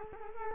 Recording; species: mosquito wingbeat signal from an infrared sensor; Culex quinquefasciatus